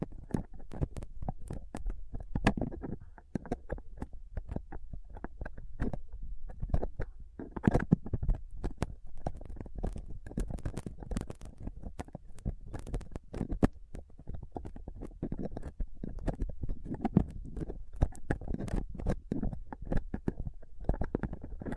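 A microphone is scraped and picked at with a dental pick, tweezers and a cotton swab. Dense, irregular scratches and sharp clicks crowd the full stretch over a steady low rumble. Several louder ticks stand out, including one near 2.5 seconds.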